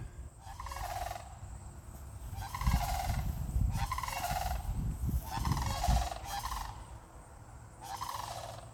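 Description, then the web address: Cranes calling in rattling, bugled bursts roughly every one to two seconds, each note rich and trumpeting, over a low rumble. Cranes at Bauer Road. "the cranes of bauer road"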